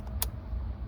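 A push button on a quick-connect hose fitting at the oil separator port of a J&L 3057D oil separator, installed on a 2025 Ford Bronco Sport / 2023-2026 Escape 1.5L, is pressed and the fitting is lifted off. A sharp click at 0.2 seconds marks the fitting releasing, with a faint tick just before it over a low steady rumble.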